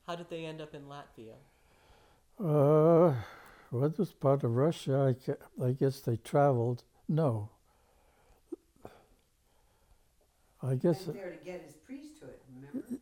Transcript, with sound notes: How did they end up in Latvia. Uh - (sighs) -well this part of Russia I gu - I guess they traveled - no - I guess - He came here to get his priesthood, remember?